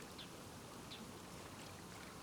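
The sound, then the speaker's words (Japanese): Soft, steady water sloshes and laps gently in a foot bath aboard a luxurious train passenger car, a faint continuous wash with a few tiny bright splashes and no voices. “ほら、足湯の水音に耳を澄ませながら私の体温も感じてください。”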